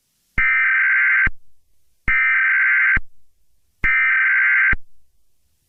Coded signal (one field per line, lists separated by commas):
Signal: Emergency Alert System (SAME) tones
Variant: header bursts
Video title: EAS Scenario #2: The Deep Freeze (watch till the end)